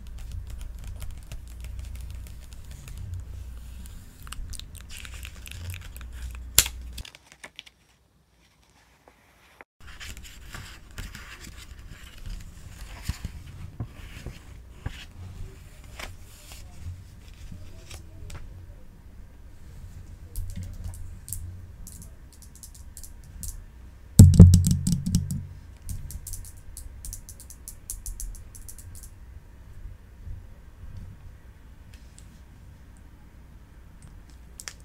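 Book pages rustle and tick over a low rumble, falling silent around seven seconds, with one loud crackling flip near twenty-four seconds.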